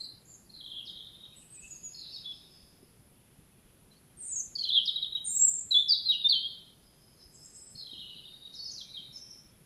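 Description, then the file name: European robin singing thin, high, warbling phrases, a quiet start building to a louder tumbling burst of twittering notes midway, then softer trailing phrases. "Erithacus rubecula"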